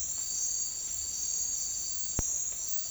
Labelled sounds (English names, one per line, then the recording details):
none
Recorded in secondary vegetation near Puerto Asís, Putumayo, Colombia, on 8 March 2025 at 09:00
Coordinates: 0.499, -76.323
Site G094